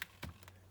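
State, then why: Seated. A plastic hopper bracket is slid along the top rail of an OSKERAY Mini M16 toy gel ball blaster until it clicks into place at 0.0 s, then seats firmly. A few softer taps and rattles follow near 0.2, 0.4 and 0.5 s. No one talks.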